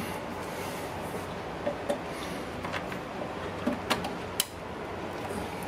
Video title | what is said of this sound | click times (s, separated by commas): At work installing SCX-20 satellite compass and DFF3D multibeam sounder with Time Zero Professional. | Heard it click, that's a good sign. | 4.4 s